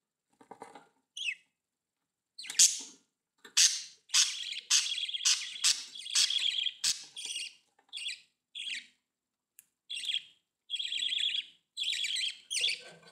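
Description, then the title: Budgerigar chatter: fast, scratchy chirps and warbles in uneven bursts, some quick clicky notes mixed in. "Budgie Sounds"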